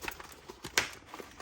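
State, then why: Seated. The rear of a motorcycle helmet's interior liner is slid back and pressed into the helmet shell after the wiring for a Cardo Packtalk Edge communicator has been routed, with light knocks and rustling around it. A sharp click at 0.8 s marks the liner piece seating into place.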